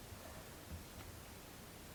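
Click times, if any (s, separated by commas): none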